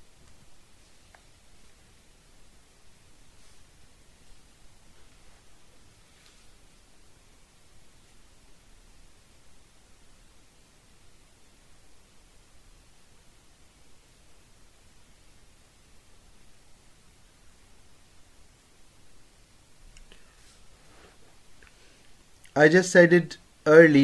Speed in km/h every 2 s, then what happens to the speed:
24, 26, 26, 26, 23, 21, 21, 23, 21, 19, 16, 13.
0-14 steady at about 23. 14-24 slows to 13.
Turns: none.